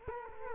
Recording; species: mosquito wingbeat signal from an infrared sensor; Culex quinquefasciatus